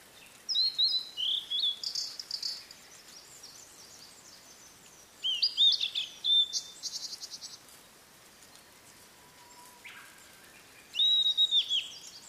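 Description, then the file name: Blue-and-white flycatcher singing three phrases of high slurred whistles, spaced several seconds apart, with a faint lower whistle in one of the gaps. "oruri"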